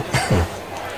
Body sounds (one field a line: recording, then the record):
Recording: coughing mixed with background sound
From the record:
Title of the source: Dry Coughing Fit in the Afternoon.